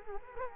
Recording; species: mosquito wingbeat signal from an infrared sensor; Culex quinquefasciatus